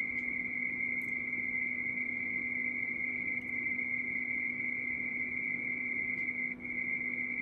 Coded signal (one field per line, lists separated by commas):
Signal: RTTY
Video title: C21MM 20m RTTY